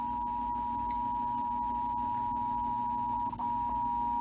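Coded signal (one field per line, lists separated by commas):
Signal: Emergency Alert System (SAME) tones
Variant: 853 and 960 Hz attention tone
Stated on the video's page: Received EAS alerts.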